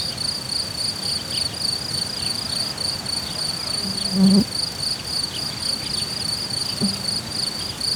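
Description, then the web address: Cricket song, a continuous high pulsed trill, with a brief low thump around four seconds and another soft knock later. Cricket recorded in nature at Hortobágy in 2014, described as idyllic; an insect landed on the left microphone. "allathangok termeszetben tucsok professzionalis 2014 idilli balmikrofonraraszallorovar hortobagy"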